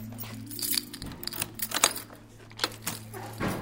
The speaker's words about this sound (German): schließt die Tür zur Mehrzweckhalle auf.